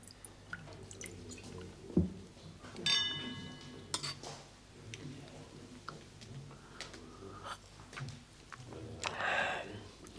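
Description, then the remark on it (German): Port wine is poured into two small glasses with soft dripping, splashing sounds, and the glasses clink together in a toast, leaving a brief bright ringing tone. Another light glassy chime follows near the end. “Da wollen wir zwei Gläschen mit Portwein füllen und darauf anstoßen.”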